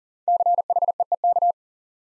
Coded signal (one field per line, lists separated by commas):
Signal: Morse code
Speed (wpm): 40 wpm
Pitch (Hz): 700 Hz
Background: none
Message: CHEEK